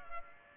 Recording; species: mosquito wingbeat signal from an infrared sensor; Culex pipiens